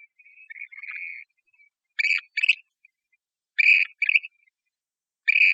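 Western grebe calls: a thin, wavering whistled note opens, followed by repeated harsh, rasping double notes given about every one and a half seconds.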